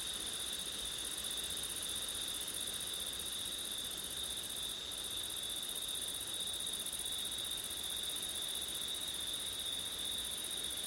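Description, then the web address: Crickets trilling on and on, a uniform high-pitched pulsing chorus with only one very brief break, backed by soft background hiss. Crickets heard on a windy September night; ORTF recording. "audio crickets wind september night ortif"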